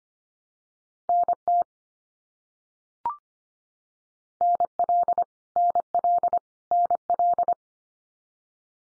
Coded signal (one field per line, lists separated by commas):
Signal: Morse code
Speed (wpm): 25 wpm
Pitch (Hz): 700 Hz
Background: none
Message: NT NL NL NL